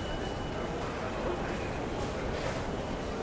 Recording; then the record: background sound without coughing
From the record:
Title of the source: Train Station Sounds Paris